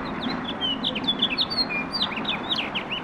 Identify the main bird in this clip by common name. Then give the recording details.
House Finch. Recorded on Long Island, New York, on 18 April 2012. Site GC. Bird B